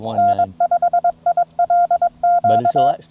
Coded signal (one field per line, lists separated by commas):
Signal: Morse code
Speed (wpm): 21 wpm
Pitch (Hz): 690 Hz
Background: speech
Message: N5ILQ